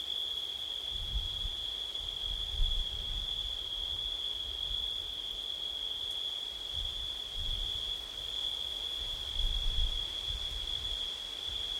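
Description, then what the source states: Crickets trilling in an unbroken high, even drone while low rumbling wind gusts swell and fade every few seconds underneath. Night in September, with wind.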